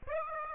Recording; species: mosquito wingbeat signal from an infrared sensor; Aedes aegypti